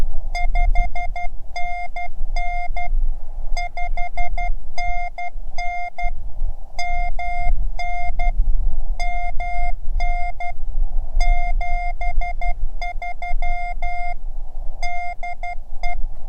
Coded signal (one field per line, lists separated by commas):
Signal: Morse code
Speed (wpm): 12 wpm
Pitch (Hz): 720 Hz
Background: none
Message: 5NN 5NN MN MN 73 DE